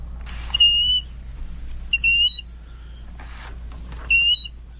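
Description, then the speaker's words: Sandpiper calls: three clear, high whistled notes spaced over several seconds, with a couple of short noisy bursts. Medium-sized sandpiper; said to sound a little like a bald eagle. "Our mystery bird is a medium-sized sandpiper."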